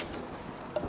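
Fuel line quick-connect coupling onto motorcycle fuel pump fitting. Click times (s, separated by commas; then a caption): 0.8 s. A fuel line quick-connect coupling on a 2020-2022 Indian Challenger motorcycle is pushed onto the fuel pump fitting. Over a low, steady background, a sharp click sounds at 0.8 s as the coupling latches and seats.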